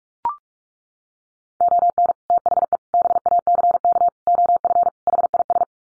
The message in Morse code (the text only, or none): ON THE BACK OF HIS